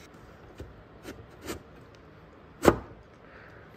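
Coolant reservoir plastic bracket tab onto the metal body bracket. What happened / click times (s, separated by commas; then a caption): The plastic bracket tab snapped into place over the metal bracket / 2.7 s. On a 2017–2021 Jeep Grand Cherokee, the plastic tabs of the coolant reservoir bracket are pushed into the metal body bracket and slid down, with faint taps and rubs near 0.6, 1.1 and 1.5 seconds. A sharp, loud click at 2.7 seconds marks the plastic tab locking into place over the metal bracket, and the bracket is confirmed seated.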